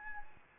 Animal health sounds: mosquito wingbeat signal from an infrared sensor; Anopheles arabiensis

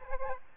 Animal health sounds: mosquito wingbeat signal from an infrared sensor; Aedes albopictus

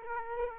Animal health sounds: mosquito wingbeat signal from an infrared sensor; Aedes aegypti

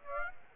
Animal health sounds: mosquito wingbeat signal from an infrared sensor; Aedes aegypti

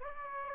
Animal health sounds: mosquito wingbeat signal from an infrared sensor; Aedes albopictus

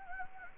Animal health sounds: mosquito wingbeat signal from an infrared sensor; Anopheles gambiae

